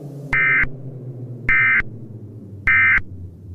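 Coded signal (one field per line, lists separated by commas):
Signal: Emergency Alert System (SAME) tones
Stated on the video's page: Fictional EAS scenario series, simulated alerts.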